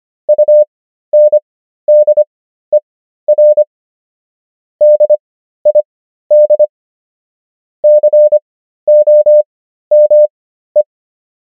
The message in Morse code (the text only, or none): UNDER DID COME